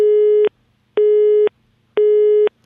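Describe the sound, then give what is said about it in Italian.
A telephone busy signal when phoning football coach Garcia: three steady, mid-pitched tones, each about half a second long, evenly spaced with equal gaps of silence, loud and alone with no talking. “Vabbè, è occupato.”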